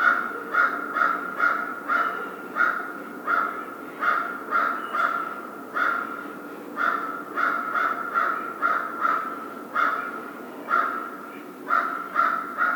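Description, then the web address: American crow cawing continuously, a long string of hoarse caws. 1 February 2010. "Crow 2010 02 01 American Crow"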